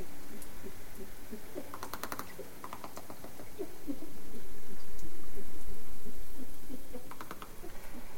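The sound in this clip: Dolphin clicks in two short rapid buzzing trains, one early and one near the end, over constant underwater hiss and low noise.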